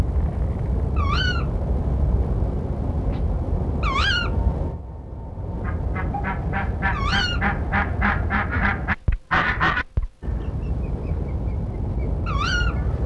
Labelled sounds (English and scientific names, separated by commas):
Tawny Owl (Strix aluco) call